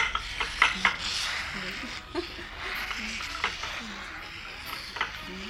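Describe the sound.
Glasses being washed in a glass-washing machine in a canned-goods shop at VDNKh: a steady watery hiss with scattered bright clinks and rubbing squeaks of glass, while indistinct voices murmur underneath.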